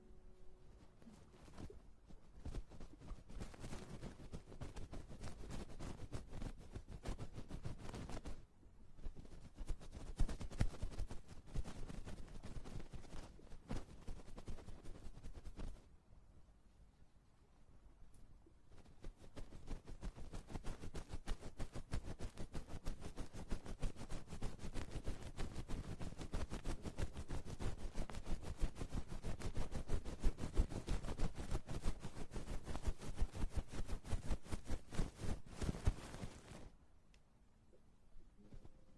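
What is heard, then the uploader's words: An ear massage of dense, crackling rubbing and rustling that runs continuously, breaks off briefly around sixteen seconds, then resumes until near the end. Ear Massage.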